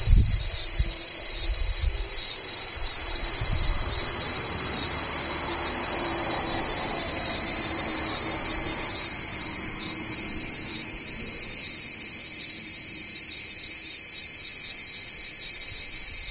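Cicadas drone in a steady, dense high buzz that holds unchanged for the whole stretch, with a bright shrill band sitting on top. A few soft low thumps come in the first few seconds, then only the even hiss continues.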